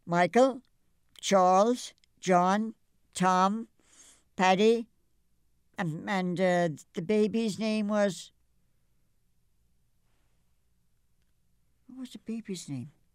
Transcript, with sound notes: Michael, Charles, John, Tom, Patty, and the baby's name was. [pause] What was the baby's name?